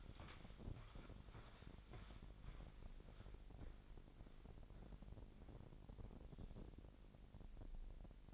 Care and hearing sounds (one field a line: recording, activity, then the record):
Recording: daily activity, microphone in the room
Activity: walk to room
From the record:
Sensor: 5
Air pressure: 1012.3 hPa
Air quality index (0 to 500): 237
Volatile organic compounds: 4 ppm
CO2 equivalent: 1576 ppm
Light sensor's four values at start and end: 54/125/53/56 and 56/130/54/57